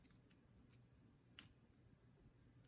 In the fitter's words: this just snaps in place.